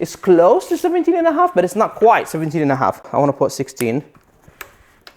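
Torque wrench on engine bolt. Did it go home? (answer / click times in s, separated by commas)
yes / 4.6 s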